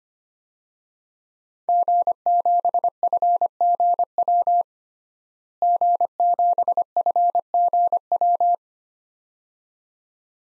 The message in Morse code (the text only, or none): G7FGW G7FGW